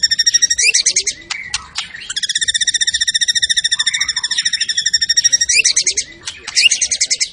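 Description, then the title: White-rumped shama delivering long, rapid, even trills of repeated notes, broken by short whistled and chattering phrases. Used as a lure sound; energetic shama delivering its full repertoire, intended to stimulate other shamas' emotion. "PANCINGAN MURAI BATU. MURAI GACOR SUPER EDAN SEMUA MATERI DI KELUARIN COCOK BUAT DONGKRAK EMOSI. SHAMA BIRD"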